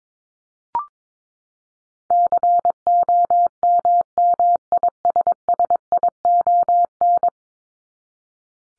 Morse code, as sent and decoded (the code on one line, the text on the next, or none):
-.-. --- -- -- .. ... ... .. --- -.
COMMISSION